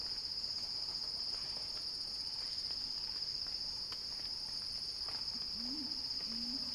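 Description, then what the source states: Cicada song, an even high-pitched hiss-like drone, with a soft low warbling call near the end. Cicada song building in a crescendo.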